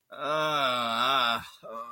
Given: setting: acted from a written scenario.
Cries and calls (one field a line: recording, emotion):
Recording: vocal sound without words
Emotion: embarrassment